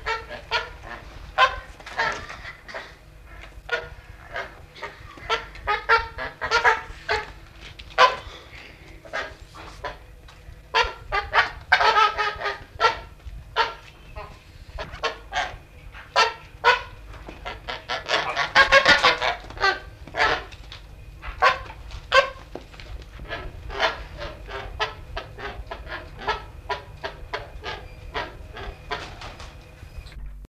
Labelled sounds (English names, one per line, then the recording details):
Coscoroba Swan call
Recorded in captivity
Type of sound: call
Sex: pair
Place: Zoo Köln, Nordrhein-Westfalen, DE
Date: 1972-02-22
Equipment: Halbspur, 9,5 cm/s
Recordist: Lütgens, Hans
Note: Paar, etwas beunruhigt